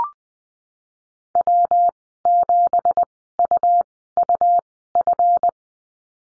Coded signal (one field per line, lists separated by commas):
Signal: Morse code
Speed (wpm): 20 wpm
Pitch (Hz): 700 Hz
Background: none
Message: W7UUF